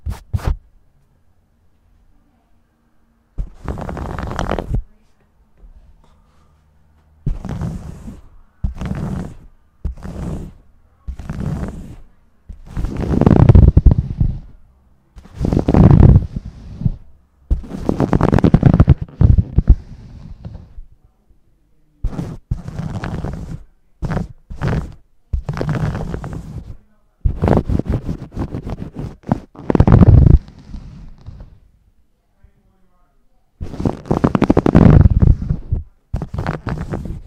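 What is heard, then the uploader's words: A scalp and face massage made of soft, muffled rubbing strokes that come in separate bursts, each a second or two long, with short quiet pauses between them. The strokes are heaviest in the low, thudding range, and some longer, fuller passes land around the middle and end. Fall Asleep ASMR Scalp & Face Massage.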